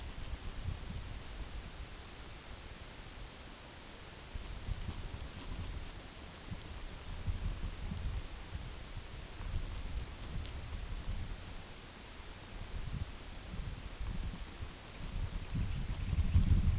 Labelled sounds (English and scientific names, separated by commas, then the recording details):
unidentified sound, Long-billed Dowitcher (Limnodromus scolopaceus)
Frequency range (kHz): Long-billed Dowitcher (Limnodromus scolopaceus) 0.4-4.8 kHz
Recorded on Arctic tundra, site UTQI-8, on 8 June 2019
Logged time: 02:00